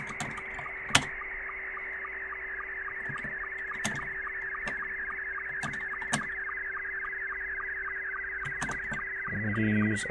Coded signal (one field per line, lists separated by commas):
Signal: SSTV (slow-scan television)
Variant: Scottie 2